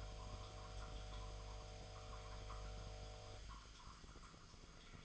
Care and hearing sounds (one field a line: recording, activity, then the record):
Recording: daily activity, microphone in the room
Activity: make coffee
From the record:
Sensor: 5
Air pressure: 1009.5 hPa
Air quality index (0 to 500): 168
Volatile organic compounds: 4 ppm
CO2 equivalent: 1629 ppm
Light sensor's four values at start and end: 93/246/100/105 and 93/245/100/105